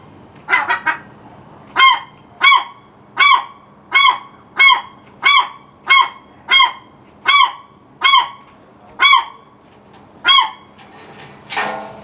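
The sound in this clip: Gull calls, a series of about a dozen nasal, honking notes repeated roughly every half to one second, ending in a brief burst of harsh noise.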